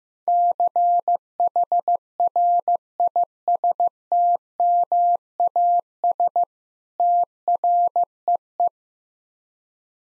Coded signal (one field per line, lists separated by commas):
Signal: Morse code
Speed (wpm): 15 wpm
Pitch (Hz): 700 Hz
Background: none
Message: CHRISTMAS TREE